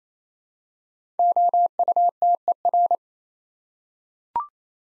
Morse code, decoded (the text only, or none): OUTER